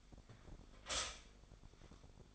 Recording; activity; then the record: daily activity, microphone in the room; stop toaster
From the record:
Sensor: 5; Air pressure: 1004.3 hPa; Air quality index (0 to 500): 167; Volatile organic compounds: 4 ppm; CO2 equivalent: 1572 ppm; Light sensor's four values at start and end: 33/108/40/41 and 34/108/40/41